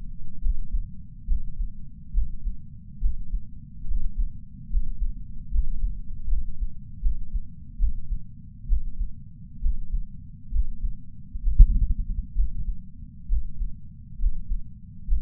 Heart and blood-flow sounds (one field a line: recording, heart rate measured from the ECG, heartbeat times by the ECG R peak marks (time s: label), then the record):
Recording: heart sounds by patch sensor on the chest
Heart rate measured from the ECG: 70 bpm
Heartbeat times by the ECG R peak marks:
0.40 s: heartbeat
1.26 s: heartbeat
2.12 s: heartbeat
2.99 s: heartbeat
3.85 s: heartbeat
4.68 s: heartbeat
5.49 s: heartbeat
6.27 s: heartbeat
7.00 s: heartbeat
7.77 s: heartbeat
8.67 s: heartbeat
9.60 s: heartbeat
10.50 s: heartbeat
11.41 s: heartbeat
12.33 s: heartbeat
13.27 s: heartbeat
14.17 s: heartbeat
15.06 s: heartbeat
From the record:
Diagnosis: coronary artery disease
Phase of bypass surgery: preoperative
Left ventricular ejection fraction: 62.4%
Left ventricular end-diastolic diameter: 53 mm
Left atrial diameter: 33 mm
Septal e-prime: 9.2 cm/s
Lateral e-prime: 11.3 cm/s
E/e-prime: 6.9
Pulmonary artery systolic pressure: 26 mmHg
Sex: male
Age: 35 years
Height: 178 cm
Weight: 58 kg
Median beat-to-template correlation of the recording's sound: 0.86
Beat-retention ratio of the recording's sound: 0.99